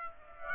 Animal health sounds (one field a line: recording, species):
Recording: mosquito wingbeat signal from an infrared sensor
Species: Aedes aegypti